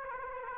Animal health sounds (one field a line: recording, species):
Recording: mosquito wingbeat signal from an infrared sensor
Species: Aedes aegypti